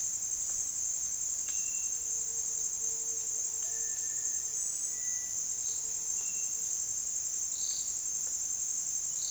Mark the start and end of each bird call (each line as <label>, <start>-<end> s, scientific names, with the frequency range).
Crypturellus cinereus (1.4-2.2 kHz), 3.65-4.54 s
Crypturellus cinereus (1.5-2.4 kHz), 4.88-5.45 s